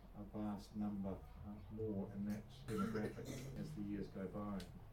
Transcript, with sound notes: a vast number are more in that [coughing] demographic as the years go by.